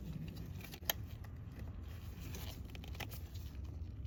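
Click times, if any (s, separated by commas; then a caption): none. A second plastic breather hose quick-connector is handled and pushed toward the PCV / crankcase vent fitting on a 2013 Audi A6, with a security clip to be locked afterward. Brief sharp ticks come near 0.9 s and 3.0 s over a steady low rumble and faint rustling. Nothing has seated or clicked yet.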